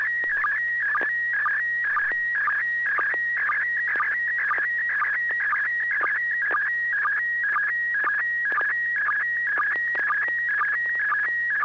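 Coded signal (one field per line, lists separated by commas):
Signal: SSTV (slow-scan television)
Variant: PD120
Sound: warbling tone shifting in pitch, with short low sync blips about twice a second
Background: low hum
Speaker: Bob are you ready to send a picture oh sure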